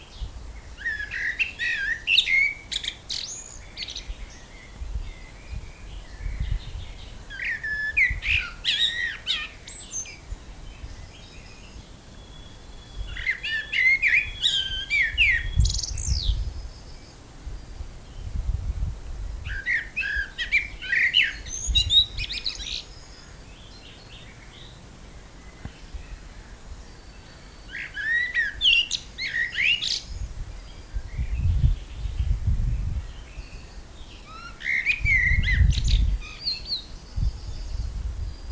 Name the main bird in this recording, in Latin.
Turdus merula